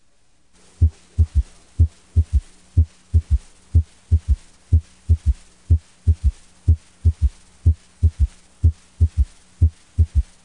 S3 has a short duration, and it may occur only intermittently during every third or fourth heartbeat. It has a low pitch and follows S2 by 0.14 to 0.20 second. The S2-S3 interval sounds.